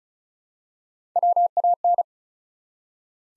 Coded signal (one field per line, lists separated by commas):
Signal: Morse code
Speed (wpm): 36 wpm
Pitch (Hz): 700 Hz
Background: none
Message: WAN